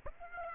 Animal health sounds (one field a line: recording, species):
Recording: mosquito wingbeat signal from an infrared sensor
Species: Aedes aegypti